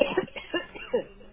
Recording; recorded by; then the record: voluntary cough; telephone call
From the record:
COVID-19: negative